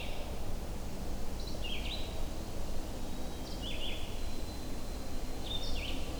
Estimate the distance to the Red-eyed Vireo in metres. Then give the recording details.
about 60 m. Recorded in boreal forest in Alberta, Canada, on 21 June 2016 at 07:28. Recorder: SongMeter 3, array SBT-6-76. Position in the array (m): 181 m, 87 m